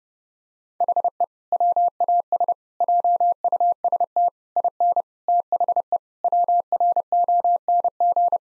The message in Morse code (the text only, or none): HE WAS JUST IN THE WRONG